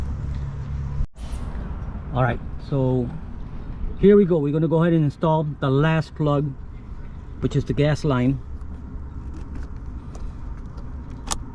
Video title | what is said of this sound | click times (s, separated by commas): How To FAST & EASY Mercury 225HP Outboard FUEL/WATER Separator FILTER INSTALLATION | And you heard it click there. | 11.3 s